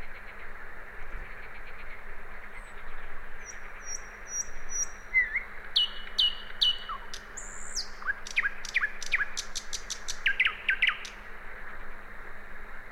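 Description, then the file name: Common nightingale song with soft high notes, then repeated sharp notes and a long rapid series of loud clicking notes, over constant hum. "Luscinia megarhynchos"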